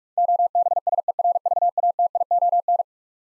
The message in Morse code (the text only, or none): OBSERVATION